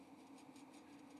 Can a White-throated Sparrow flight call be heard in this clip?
no